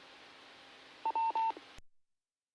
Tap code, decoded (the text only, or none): none